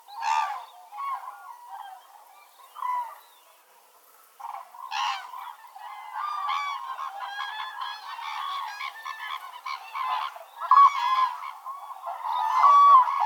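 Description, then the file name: Common cranes' trumpeting starts with sparse calls and a pause, then builds into a dense, overlapping chorus of many birds calling together. Calls recorded on the Baltic Sea coast on 1 November 2014. "Kranich Grus grus 20141101 Ostsee"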